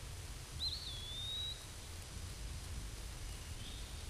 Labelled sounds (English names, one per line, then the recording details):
Eastern Wood-Pewee song
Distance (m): 40 m
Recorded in a Pennsylvania forest on 18 May 2023 at 13:38
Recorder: AudioMoth, point grid1_34_low
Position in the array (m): 188 m, 148 m